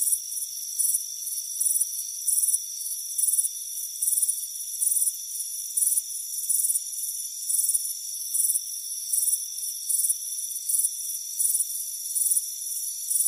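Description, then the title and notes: Cricket: rapid shrill chirps repeat evenly throughout against a persistent high whine. Warm afternoon on a front porch. "Soothing Crickets Chirping Sound. It's a warm afternoon as you relax in a hammock on the front porch. Relax and fall asleep to the soothing sound of chirping crickets. Deep Sleep Sounds"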